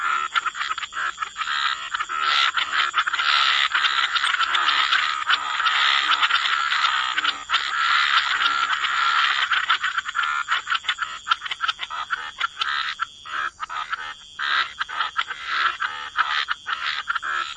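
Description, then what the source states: Frogs croaking in a busy chorus, rattling calls stacking up then thinning into separate bursts, over a steady high hiss. Frog chorus mixed with white noise.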